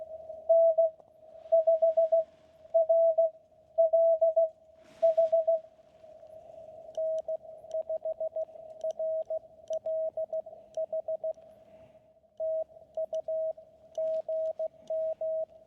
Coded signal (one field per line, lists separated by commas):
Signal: Morse code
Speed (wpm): 16 wpm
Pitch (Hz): 640 Hz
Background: radio noise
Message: N5RLH N5RLH TU GM